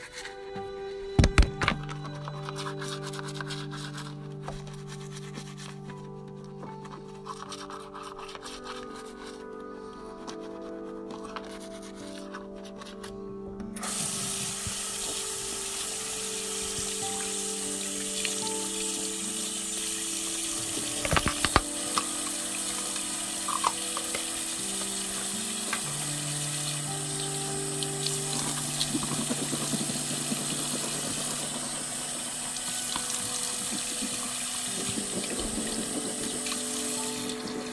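Breakfast being made: quiet kitchen clatter and a few sharp knocks, then at about fourteen seconds a steady bright sizzle of frying sets in.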